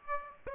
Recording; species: mosquito wingbeat signal from an infrared sensor; Aedes aegypti